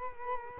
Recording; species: mosquito wingbeat signal from an infrared sensor; Culex quinquefasciatus